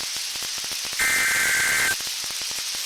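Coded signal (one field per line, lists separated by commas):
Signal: Emergency Alert System (SAME) tones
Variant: header bursts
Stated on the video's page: Severe Thunderstorm Warning received from NOAA Weather Radio station KXI94.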